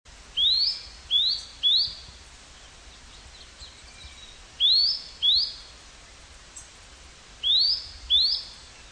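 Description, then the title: Bird song of clear, rising whistled notes given in quick pairs or triplets, with each group separated by a pause of two to three seconds, over faint background hiss. "LuckyPassaro Completos2Sama"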